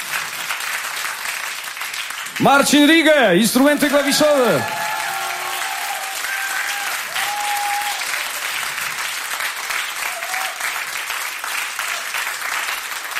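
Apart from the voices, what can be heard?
audience applause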